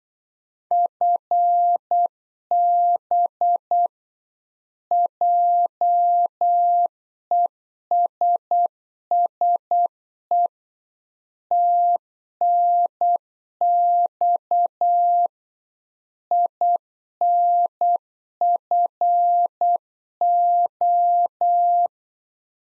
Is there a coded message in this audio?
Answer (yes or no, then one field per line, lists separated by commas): yes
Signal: Morse code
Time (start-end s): 0.7-21.9 s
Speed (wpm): 8 wpm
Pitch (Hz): 700 Hz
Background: none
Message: FB JESSE TNX INFO